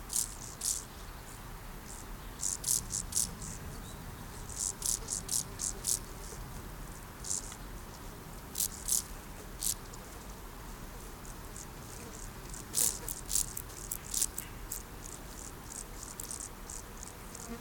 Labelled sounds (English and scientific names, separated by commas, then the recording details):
Field Grasshopper (Chorthippus brunneus)
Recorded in the wild
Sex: male
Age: imago
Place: Blankenfelde, Berlin, DE
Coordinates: 52.63, 13.4
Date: 1991-10-06 12:51
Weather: sonnig, Schatten: 25,3°C, Sonne: 30,4°C
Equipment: Marantz CP 430, Sennheiser ME 80, K 30 AV, Kopie Tesla B 116
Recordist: Tembrock, Günter